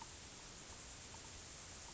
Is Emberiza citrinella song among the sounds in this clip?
no